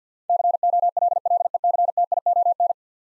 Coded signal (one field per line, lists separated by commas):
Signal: Morse code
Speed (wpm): 46 wpm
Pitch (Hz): 700 Hz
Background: none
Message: COLLECTION